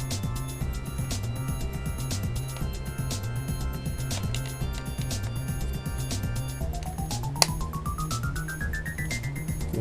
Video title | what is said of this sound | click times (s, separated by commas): Binbok VR T3 - Quest 3 - Ultimate Guide - Unboxing - Setup - Initial review | pag narinig niyo na yung clicking sound that's it | 4.3 s, 7.4 s